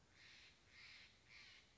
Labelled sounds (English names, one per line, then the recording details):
Steller's Jay
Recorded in Sonoma County, California